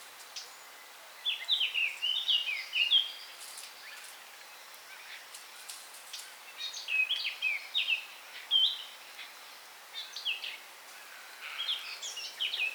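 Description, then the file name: Eurasian blackcap singing several short phrases of rapid, sliding high notes with quiet gaps between, against steady background noise and a few clicks. "Sylvia atricapilla"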